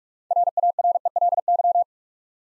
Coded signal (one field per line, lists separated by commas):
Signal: Morse code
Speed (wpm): 44 wpm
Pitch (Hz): 700 Hz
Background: none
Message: RARELY